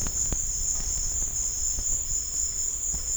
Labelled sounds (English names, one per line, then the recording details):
none
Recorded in dense forest near Puerto Asís, Putumayo, Colombia, on 23 June 2025 at 16:00
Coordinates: 0.481, -76.323
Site G072